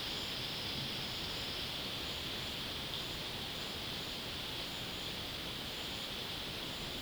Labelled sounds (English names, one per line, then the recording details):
none
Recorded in secondary vegetation near Puerto Asís, Putumayo, Colombia, on 18 February 2024 at 11:30
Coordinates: 0.472, -76.331
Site G6371